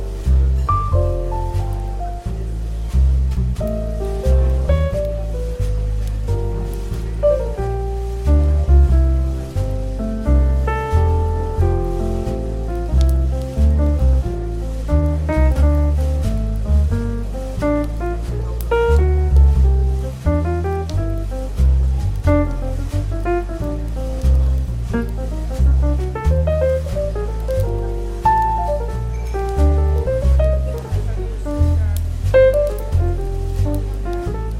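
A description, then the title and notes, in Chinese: Relaxed, soothing jazz plays as café ambience, with a steady walking bass line and warm chords moving at an easy, regular pace. Brighter melodic notes drift on top throughout, and the level stays even for the whole stretch without breaks. 咖啡馆氛围与轻松舒缓的爵士音乐。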